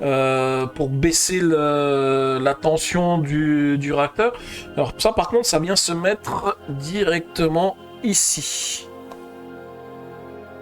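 Someone talks while handling a small plastic LEGO lever piece being brought into position on a LEGO Star Wars UCS Death Star brick model. After the talking, only quiet low background sound remains. Nothing has seated or clicked into place yet.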